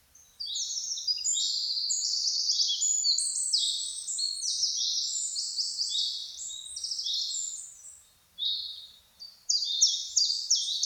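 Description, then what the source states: Birds in full song, fast high twittering and trilled notes overlap almost without pause, easing briefly before the chorus picks up again. Birds singing in a forest in the morning.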